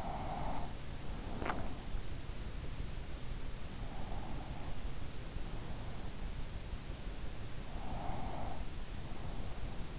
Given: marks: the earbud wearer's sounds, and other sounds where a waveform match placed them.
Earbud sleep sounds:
sounds in sleep by an in-ear microphone; breath, teeth grinding
0.00-1.28 s: breath
1.28-1.98 s: teeth grinding
7.65-9.99 s: breath

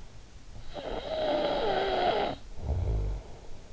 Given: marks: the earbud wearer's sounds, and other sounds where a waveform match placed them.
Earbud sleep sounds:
sounds in sleep by an in-ear microphone; snoring breath
0.12-3.69 s: snoring breath

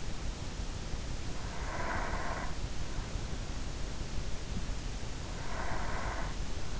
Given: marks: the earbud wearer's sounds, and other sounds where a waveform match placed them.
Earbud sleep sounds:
sounds in sleep by an in-ear microphone; breath
1.25-3.14 s: breath
5.39-6.80 s: breath

